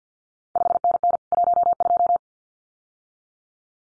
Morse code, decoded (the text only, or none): 5NN 12